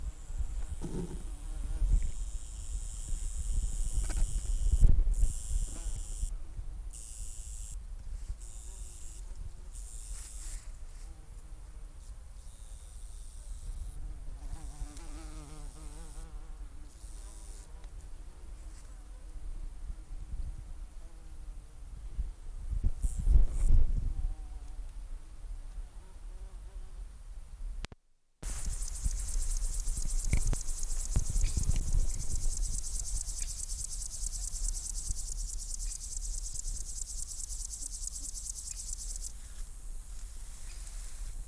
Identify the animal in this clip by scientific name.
Chorthippus apricarius